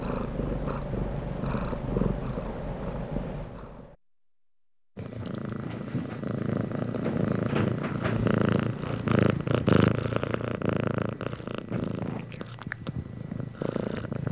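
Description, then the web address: Domestic cat purring in a low continuous rumble, broken by a second of silence, then resuming louder with a rough, pulsing texture. Contented domestic cat purring while being petted. "cat purring and meowing animal purring contented animal x purring being petted animal"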